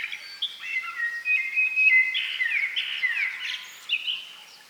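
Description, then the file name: Common blackbird song: steady fluty warbling with many sliding whistles, dipping and rising without a break before fading at the close. "Turdus merula"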